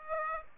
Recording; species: mosquito wingbeat signal from an infrared sensor; Aedes aegypti